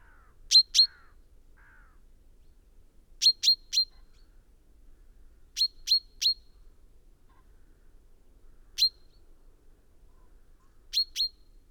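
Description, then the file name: Common chaffinch calling with short, sharp metallic notes singly, in pairs and in triplets every few seconds; a few faint soft chirps at the start, otherwise quiet. "Fringilla coelebs"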